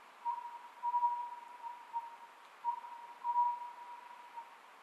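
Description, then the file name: Oriental scops owl uttering a few short whistled hoots in uneven groups, fairly soft against a constant faint hum. Recorded 27 May 2010 at 23:35. "konohazuku-20100527-2335"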